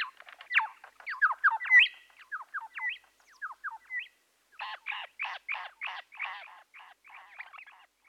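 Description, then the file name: Birds chirping in quick, varied notes, a dense burst of sharp calls followed after a short pause by a run of evenly spaced chirps. "Busy Birds"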